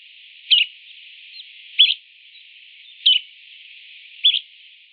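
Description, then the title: Bran-colored flycatcher giving four brisk two-part notes spaced roughly one and a quarter seconds apart, with soft background hiss. "LuckyPassaro Completos2Sama. Bran-colored Flycatcher (Myiophobus fasciatus)"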